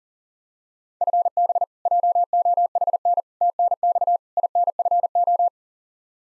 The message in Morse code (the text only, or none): FB JOHN TNX INFO